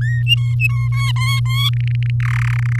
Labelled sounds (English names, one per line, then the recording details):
Domestic Canary song
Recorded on 6 May 2018 at 06:09
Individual llb16